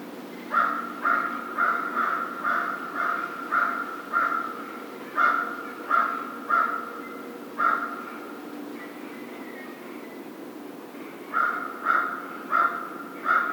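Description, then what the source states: American crow giving a long series of harsh caws, then more caws after a quiet stretch. 1 February 2010.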